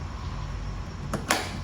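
A thumb presses the release on the quick-connect high-pressure hose fitting at the outlet of a PowerRide 4000 PSI power washer and pulls the hose out. Two sharp clicks sound at 1.1 s and 1.3 s over a low steady background hum. The hose comes free of the outlet.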